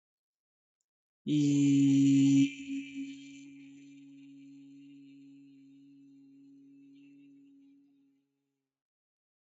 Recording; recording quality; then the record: sustained vowel as in beet; excellent, no background noise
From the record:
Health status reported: healthy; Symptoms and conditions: none ticked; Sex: male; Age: 22 years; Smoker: not ticked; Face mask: not worn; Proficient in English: yes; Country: India